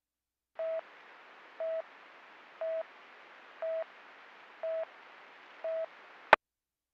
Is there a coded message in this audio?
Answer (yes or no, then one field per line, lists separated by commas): no